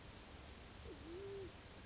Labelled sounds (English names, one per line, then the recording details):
Band-tailed Pigeon
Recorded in Sonoma County, California